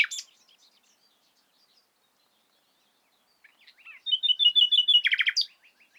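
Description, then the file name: Common nightingale song: a short opening note, a near-silent stretch, then a quick series of repeated whistled notes and a loud burst of sharp chirps. "Luscinia megarhynchos"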